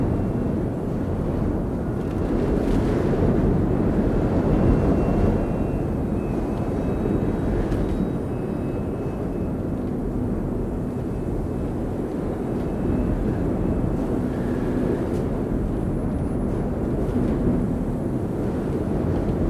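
Storm noise heard from inside a nearly closed cave entrance: a heavy, constant low roar that stays dense and even for the whole stretch. Brief cracks or gusts stand out near 3 and 8 seconds, with faint high whistles drifting above the rumble.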